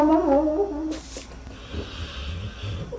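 A dog snoring, with a quacking sound like Donald Duck.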